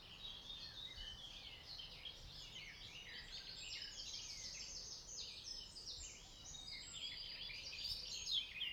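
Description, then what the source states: Several birds singing together, a steady stream of rapid high chirps, twitters and short whistles layered over one another with no pause. Morning.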